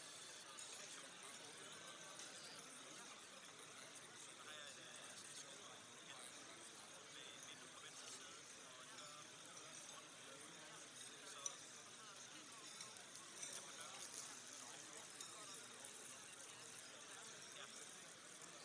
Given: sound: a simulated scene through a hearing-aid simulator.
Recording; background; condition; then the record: conversation; cafeteria; -6 dB SNR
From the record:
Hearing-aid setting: anchor resembling a broken hearing aid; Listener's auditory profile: C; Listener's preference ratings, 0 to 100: 1, 1, 1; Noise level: 65 dB SPL